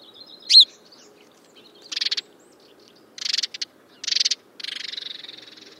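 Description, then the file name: House sparrow calls: a single sharp chirp, then several harsh buzzy chattering notes, over a faint low hum. "Passer domesticus"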